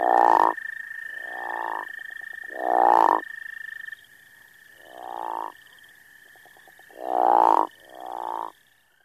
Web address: Frog Calls Rana areolata - Crawfish Frog